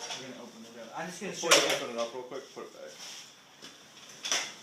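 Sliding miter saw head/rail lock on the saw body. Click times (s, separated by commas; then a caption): 4.3 s. On a DeWALT DWS780 12-inch double bevel sliding compound miter saw, the sliding head/rail mechanism on the saw body is opened up and put back while someone talks. A sharp lock click is heard at 4.3 s as the slide locks back into place.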